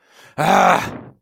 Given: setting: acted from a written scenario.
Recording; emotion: vocal sound without words; anger